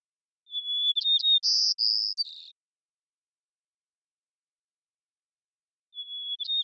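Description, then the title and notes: White-crowned sparrow singing a whistled note, quick chips and buzzy trills ending in a slurred phrase, then after a pause the next song begins. Long performance of repeated song, recorded in the Pacific Northwest, Washington, United States, with a parabolic microphone, processed for clarity while keeping natural pace, rhythm and dynamics. "White-crowned Sparrow, Zonotrichia leucophrys, long performance with repeated song, parabolic recording, clean-processed for clarity, natural pace, rhthym, and dynamics maintained, family: New World Sparrows Recorded in the beautiful Pacific Northwest, Washington, United States"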